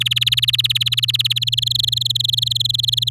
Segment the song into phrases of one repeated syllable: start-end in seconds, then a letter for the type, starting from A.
0.00-1.44 A, 1.47-3.09 B